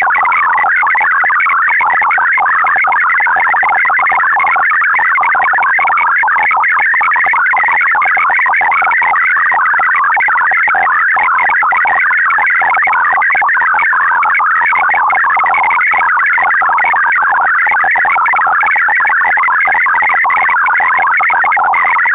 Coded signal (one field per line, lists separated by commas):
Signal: multi-tone FSK (Olivia or MFSK type)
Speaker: je hebt om de dader te ontvangen in eerste instantie alleen fl digi nodig